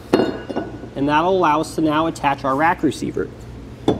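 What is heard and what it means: The latch on a hidden trailer hitch on a 2021 BMW X5 is worked to free the metal ball mount, giving a short metallic chink at 0.1 s as it comes loose and is released from the hitch. Someone then talks, and another clink is heard near the end.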